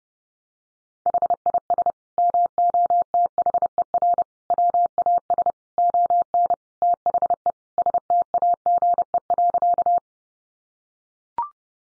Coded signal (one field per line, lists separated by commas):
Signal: Morse code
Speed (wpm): 30 wpm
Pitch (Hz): 700 Hz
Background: none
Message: HIS MOTHER WAS ON THE STAGE.